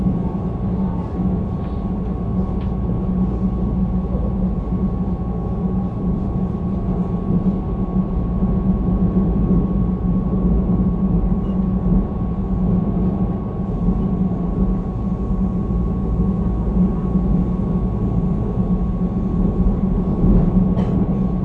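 A northbound local commuter train out of Taoyuan rumbles on without pause, a dense low roar that holds nearly level across the whole stretch. A steady whining tone sits above the rumble, and a few faint clicks and knocks surface near the start and end.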